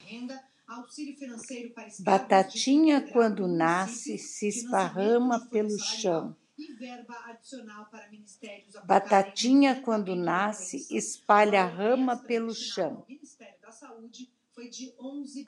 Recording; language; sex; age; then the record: short text; Brazilian Portuguese; female; 70 to 79 years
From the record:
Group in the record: control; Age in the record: 70 years